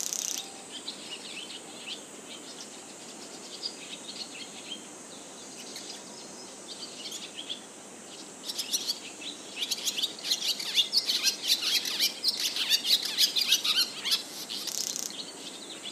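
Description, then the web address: Barn swallow calls: sparse high chirps at first, then a livelier stretch of rapid twittering in the second half, with a steady thin hiss behind. "izumino saunndo tubame"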